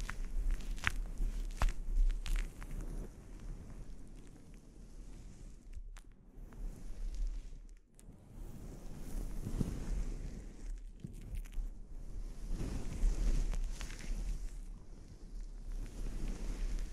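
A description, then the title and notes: A scalp treatment with steady rubbing and brushing sounds and a heavy low rumble, like fingers working against the microphone. Sharp clicks and crackles cut in often, mostly in the first few seconds, and the sound briefly thins out near six and eight seconds. ASMR Sleep Inducing Scalp Treatment (No Talking).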